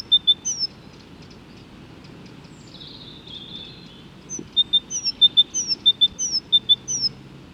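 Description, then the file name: Great tit singing high-low phrases, then a long pause, then a longer run of repeated phrases. "Great Tit (Parus major)"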